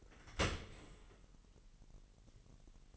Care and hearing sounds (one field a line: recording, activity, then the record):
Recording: daily activity, microphone in the room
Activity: open dishwasher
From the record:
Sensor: 4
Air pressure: 1001.5 hPa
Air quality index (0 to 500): 248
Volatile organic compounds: 42 ppm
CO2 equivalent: 3177 ppm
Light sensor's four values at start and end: 8/18/7/6 and 8/17/7/6